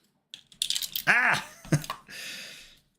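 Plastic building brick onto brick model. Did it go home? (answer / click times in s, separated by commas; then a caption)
no / none. A plastic building brick is pressed onto a brick model but fails to lock in. A clatter of hard plastic taps is heard from about 0.3 to 0.8 s, followed by a voiced exclamation and more scattered clicks. Nothing has seated or clicked into place.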